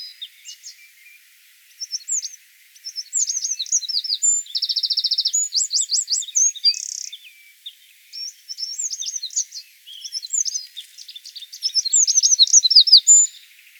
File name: Troglodytes troglodytes